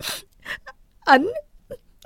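A woman sobs after her boyfriend has broken up with her, in broken, shaky bursts: breathy gasps and catches, then a rising, wavering wail of crying in the middle, trailing into quieter hitched breaths.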